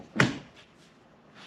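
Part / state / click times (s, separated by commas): folding cover section latch into truck bed rail / seated / 0.2 s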